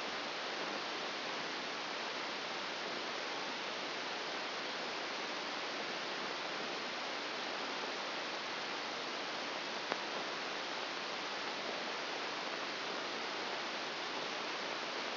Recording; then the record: brain microelectrode recording played as sound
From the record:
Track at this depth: inside the subthalamic nucleus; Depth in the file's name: 0.456 mm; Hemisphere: left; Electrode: 1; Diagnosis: Parkinson's disease